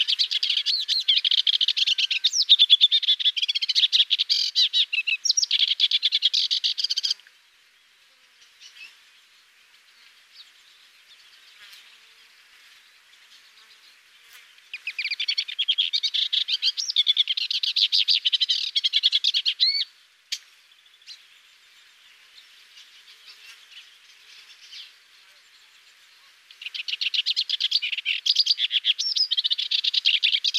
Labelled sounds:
Sykes's Warbler song
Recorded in the wild
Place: Karakumwüste/Repetek, TM
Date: 2001-05-17
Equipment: MiniDisc Sharp MT 20 H
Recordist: Schwarz, Dieter

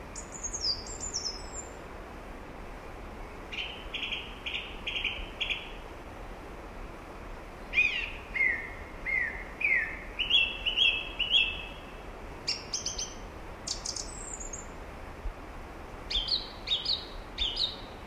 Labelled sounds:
Song Thrush song
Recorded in the wild
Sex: male
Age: adult
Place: Garmisch-Partenkirchen, Bayern, DE
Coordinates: 47.5194, 11.0806
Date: 1962-04-20
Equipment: Stellavox SM 5, Vorverstärker, Original, Vollspur
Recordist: Tretzel, Erwin
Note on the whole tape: Am Pflegersee: Männchen: Gesang "wit-wit-wit"

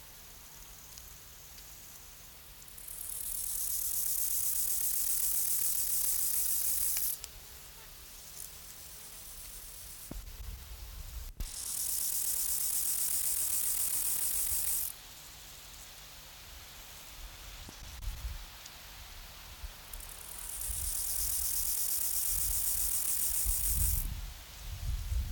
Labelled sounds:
Rufous Grasshopper stridulation
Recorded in the wild
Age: imago
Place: Treuchtlingen, Heumöderntal, Bayern, DE
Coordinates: 48.96, 10.91
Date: 1993-09-02 14:02
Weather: sonnig 18.8° C
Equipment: Marantz CP 430, Sennheiser MKH 416 T, Kopie Uher Variocord 263
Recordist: Tembrock, Günter

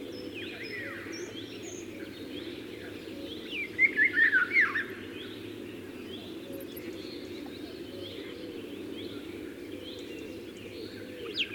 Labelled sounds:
Eurasian Golden Oriole song
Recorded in the wild
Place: Anklam, Mecklenburg-Vorpommern, DE
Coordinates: 53.812, 13.861
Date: 1980-05-26
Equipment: Nagra III BH, Sennheiser MD 21, parabola
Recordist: Schubert, Michael
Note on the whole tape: Pirol, lauter Motivgesang

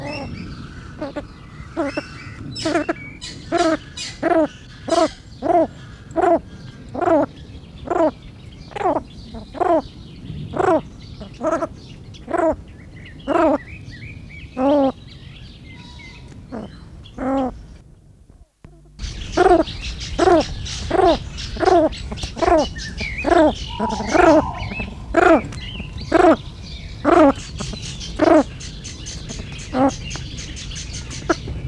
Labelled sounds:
Temminck's Tragopan call
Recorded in captivity
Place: Vogelpark Walsrode, Niedersachsen, DE
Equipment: Halbspur, 9,5 cm/s
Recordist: Lütgens, Hans

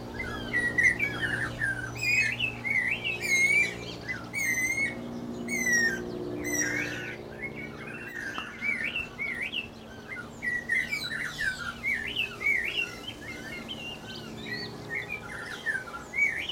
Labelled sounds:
Guira Cuckoo
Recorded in captivity
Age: adult
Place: Zoo Berlin, Berlin, DE
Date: 1992-05-09 11:33
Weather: wolkig, 11-14°C
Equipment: Nagra SN, Mikrofon AKG CK 8, Kopie Tesla B 116
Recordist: Tembrock, Günter

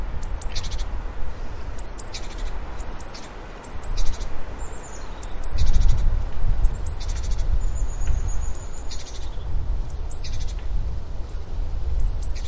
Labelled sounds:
Great Tit call
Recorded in the wild
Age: adult
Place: Bernau bei Berlin, Barnim, Brandenburg, DE
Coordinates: 52.6942, 13.5214
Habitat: mixed forest
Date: 2012-02-26 14:40
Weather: 8°C, clear, moderate winds from N
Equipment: Sound Devices 702, Sennheiser MKH 415 T, Rhode Windschutz
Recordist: Frommolt, Karl-Heinz

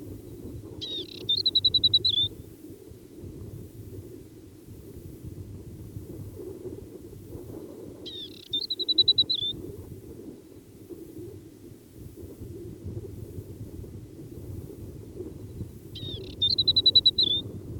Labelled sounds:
Asian Desert Warbler song
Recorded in the wild
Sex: male
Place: Wüste Gobi, MN
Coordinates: 42.795, 105.032
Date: 1979-06-04
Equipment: Nagra III BH, Sennheiser MD 21, parabola
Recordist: Schubert, Michael
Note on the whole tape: Spontangesang eines nestbauenden Männchen der Wüstengrasmücke

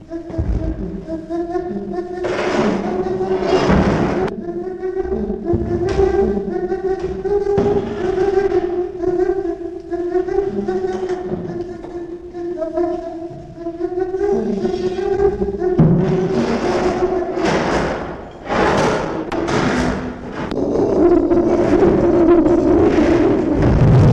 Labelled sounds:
Chimpanzee
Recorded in captivity
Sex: diverse
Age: adult
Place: Tierpark Berlin, Berlin, DE
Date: 1966-04-01
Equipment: Grundig TK 1 Luxus
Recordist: unbekannt, keine Angabe

